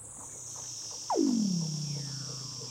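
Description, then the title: Weddell seal underwater call: a single loud downward-sweeping chirp that drops and levels into a low drawn-out tone, over a steady high whine. "Weddell Seals (Underwater)"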